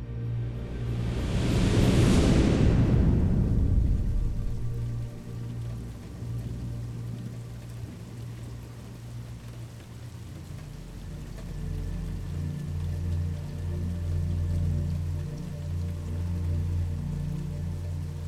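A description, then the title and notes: A thunderclap rolls in over the first five seconds, a bright crack that swells and then sinks into a deep rumble. After that a steady low rumbling lingers, with faint rain hissing softly in the background for the rest of the clip. Rain and Thunder Sounds for Sleep Meditation.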